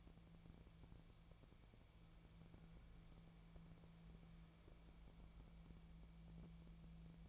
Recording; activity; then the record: daily activity, microphone in the room; wipe stove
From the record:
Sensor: 1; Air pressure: 1000.6 hPa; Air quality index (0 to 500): 186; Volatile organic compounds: 5 ppm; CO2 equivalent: 1712 ppm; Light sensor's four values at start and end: 12/28/11/13 and 12/28/11/13